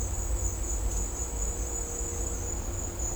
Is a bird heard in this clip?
no